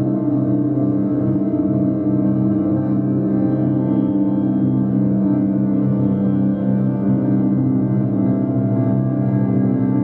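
Chakra tones and vibrations ring out as a steady, sustained drone, like a gong or singing bowl. Low hums around the bottom dominate, layered with many held overtones that shimmer and waver slightly but never stop. Loudness stays even throughout, with no separate strikes.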